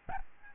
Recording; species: mosquito wingbeat signal from an infrared sensor; Aedes albopictus